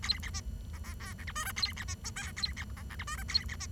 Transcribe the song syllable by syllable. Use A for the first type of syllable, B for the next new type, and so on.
A B C D D D E F G H A B C I J A B D E F G H A B C